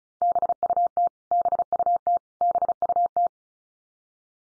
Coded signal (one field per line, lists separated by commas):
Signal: Morse code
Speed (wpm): 34 wpm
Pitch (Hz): 700 Hz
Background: none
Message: BUT BUT BUT